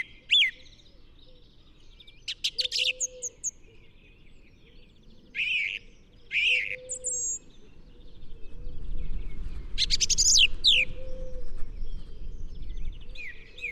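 Song thrush giving scattered, varied phrases of sharp notes and short trills separated by pauses, with low rumbling noise rising in the second half.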